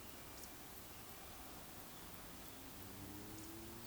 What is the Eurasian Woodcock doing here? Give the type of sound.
whistle